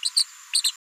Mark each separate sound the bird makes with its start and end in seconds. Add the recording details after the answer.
0.02-0.10, 0.16-0.25, 0.52-0.71. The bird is a female. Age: 36 days. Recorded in a nest box in Venezuela. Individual 17B73B4